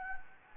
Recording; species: mosquito wingbeat signal from an infrared sensor; Anopheles gambiae